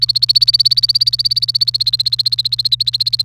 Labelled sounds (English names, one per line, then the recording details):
Domestic Canary song
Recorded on 29 April 2018 at 09:14
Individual llb3